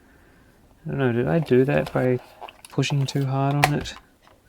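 A plastic housing part is being handled and pressed back toward the body of a JVC GR-C7 VHS-C camcorder during reassembly, while someone talks throughout. The part has not yet seated or clicked into place by the end of the clip.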